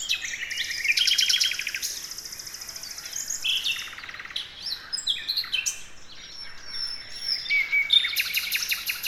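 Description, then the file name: Common nightingale song with a long rapid rattling trill, scattered whistles and clicks, then quieter pauses before a final burst of fast notes. "Luscinia megarhynchos"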